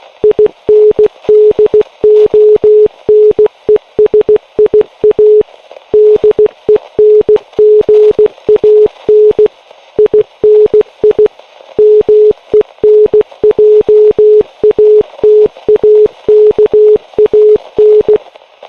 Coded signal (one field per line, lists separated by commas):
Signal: Morse code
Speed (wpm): 16 wpm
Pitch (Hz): 420 Hz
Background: none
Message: INDONESIA DENGAN INI MENJATAKAN